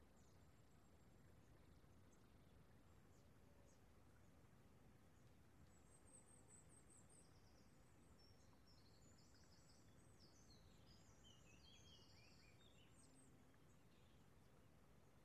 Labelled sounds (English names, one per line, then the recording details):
Long-tailed Tit call
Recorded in the wild
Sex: group
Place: Tiuccia, Corsica, FR
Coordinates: 42.0714, 8.73222
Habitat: Macchia
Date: 2011-07-14
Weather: sunny, 20°C, weak wind
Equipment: Zoom H2, rear micophones
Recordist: Frommolt, Karl-Heinz